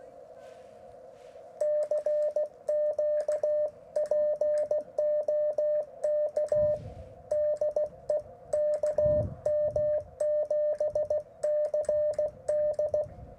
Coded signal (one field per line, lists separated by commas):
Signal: Morse code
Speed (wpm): 16 wpm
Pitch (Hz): 600 Hz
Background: radio noise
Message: CQ POK DE KM7CD